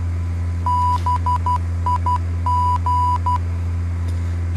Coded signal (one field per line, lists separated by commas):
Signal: Morse code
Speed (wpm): 12 wpm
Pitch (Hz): 990 Hz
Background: none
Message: BIG